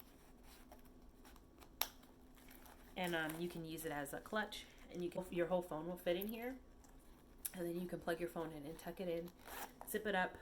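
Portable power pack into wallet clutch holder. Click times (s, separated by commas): 1.8 s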